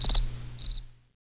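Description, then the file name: Cricket giving two shrill pulsed chirps, each of three or four rapid pulses, followed by silence. "grillon"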